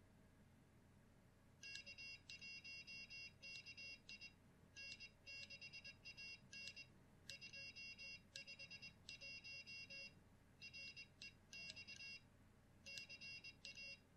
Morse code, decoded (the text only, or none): K1KI N6AN 251 REX CA